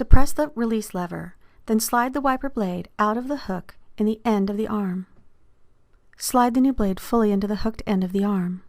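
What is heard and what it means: Someone talks while a wiper blade is handled on a 2001–2011 Honda Civic: the release lever is depressed to slide the old blade out of the hook at the end of the metal wiper arm, and a new blade is then slid fully into the hooked end of the arm. The clip ends before the new blade's plastic release catch locks, so nothing has seated or clicked yet.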